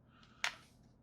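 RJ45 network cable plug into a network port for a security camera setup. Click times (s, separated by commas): 0.4 s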